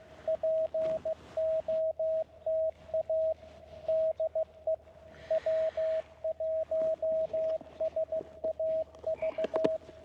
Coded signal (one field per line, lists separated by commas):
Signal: Morse code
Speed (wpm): 15 wpm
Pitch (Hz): 640 Hz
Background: radio noise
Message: POTA DE W1SAV